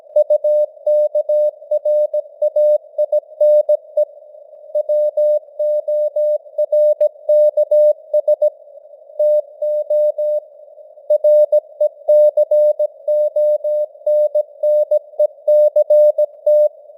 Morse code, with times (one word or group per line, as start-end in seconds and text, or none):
0.2-4.0 UKRAINE
4.8-8.5 WORKS
9.2-10.4 TO
11.1-16.7 RECONNECT